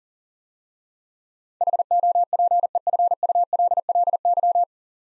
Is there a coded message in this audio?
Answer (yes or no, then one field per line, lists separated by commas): yes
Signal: Morse code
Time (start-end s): 1.6-4.6 s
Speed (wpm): 38 wpm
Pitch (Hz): 700 Hz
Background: none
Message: HOPEFULLY